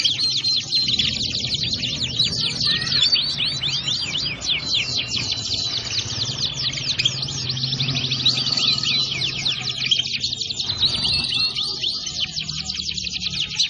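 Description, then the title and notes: Atlantic canary in continuous song, a dense unbroken run of rapid high trills and buzzy rolls lasting the whole time, with faint low rumble beneath. Song used to lure birds. "Pikat Burung Baru. kenari"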